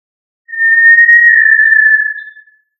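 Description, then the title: Tinamou giving a single long, pure whistle of about two seconds, held level and dropping slightly in pitch as it fades. "Familia Tinamidae - Quail - Puyuh"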